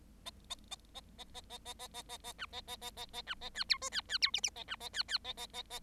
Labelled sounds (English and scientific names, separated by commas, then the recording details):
Bengalese Finch (Lonchura striata domestica) song
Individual Bird7